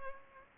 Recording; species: mosquito wingbeat signal from an infrared sensor; Culex pipiens